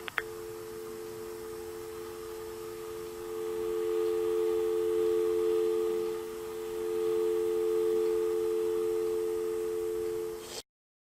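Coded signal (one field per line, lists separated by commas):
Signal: telephone call progress tone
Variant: North America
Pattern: dial tone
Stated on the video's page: Ringing of a classic Bell System Telstar phone, five rings, plus dial tone.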